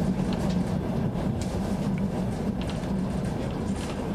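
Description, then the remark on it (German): A Trans-Siberian railway train runs steadily toward Krasnoyarsk with a constant low rumble and rattling wheel noise, punctuated by faint intermittent clicks and squeaks, with no voices. “In der transsibirischen Eisenbahn fahren wir in die Stadt, in deren Nähe der Energieversorger NBW angeblich plante, seinen Atommüll zu entsorgen.”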